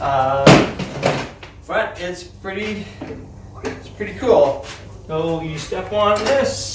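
Someone talks while handling the release pedal on the rolling stand of a Ridgid jobsite table saw, stepping on it to raise the metal stand frame, with a brief sharp knock near 1.4 s. The frame has not yet locked into its raised position; nothing has seated or clicked yet.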